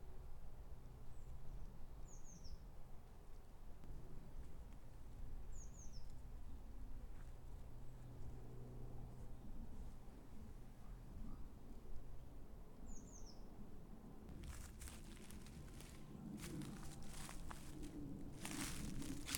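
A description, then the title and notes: Short, high bird chirps sound now and then, near the start, around five seconds and again around thirteen, over a steady low rumble. In the last five seconds, feet crunch through dry oak leaves in quick, uneven bursts. The soothing crunch of leaves on a late winter's day. We're in a wooden vale in the Black Mountains of south wales. Recorded and presented by Fergus Collins. Your feet crunch in the litter of oak litter, the first birds are singing and raven croaks rain down from the wide blue sky.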